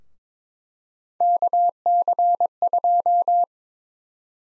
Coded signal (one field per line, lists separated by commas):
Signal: Morse code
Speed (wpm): 22 wpm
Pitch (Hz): 700 Hz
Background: none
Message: KC2